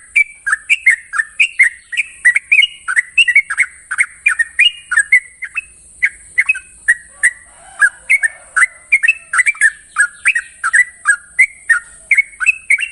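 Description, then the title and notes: Yellow-vented Bulbul song: a steady run of short, bubbling, warbled notes, several each second, with a constant high hiss throughout. Training master of long-trill singing, a song style called ropel panjang. "Masteran Trucukan Ropel Panjang. Kicau Burung Trucukan"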